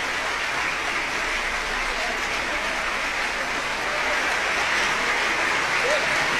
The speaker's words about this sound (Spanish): La ovación es realmente larga, lo quiere decir que cumplió las expectativas en cuanto al disfrute, de esta obra de Gustav Mahler,